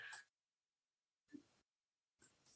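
Three brief harsh bursts separated by silence: an adult coughing.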